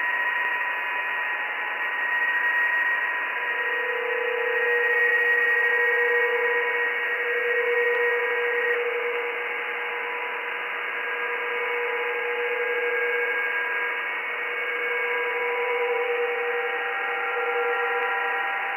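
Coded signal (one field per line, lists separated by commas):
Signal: PSK31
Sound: several steady warbling tones at different pitches over constant radio hiss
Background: radio static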